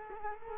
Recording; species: mosquito wingbeat signal from an infrared sensor; Culex quinquefasciatus